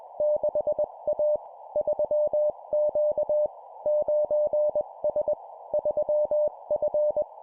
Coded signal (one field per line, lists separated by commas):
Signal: Morse code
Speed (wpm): 21 wpm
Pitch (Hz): 600 Hz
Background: none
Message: 6A 3Q 9S 3F